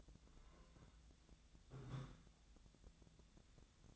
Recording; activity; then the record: daily activity, microphone in the room; take from stove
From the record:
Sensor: 3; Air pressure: 1010.0 hPa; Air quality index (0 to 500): 185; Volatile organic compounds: 13 ppm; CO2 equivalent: 2411 ppm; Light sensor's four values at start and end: 40/100/43/46 and 41/101/43/47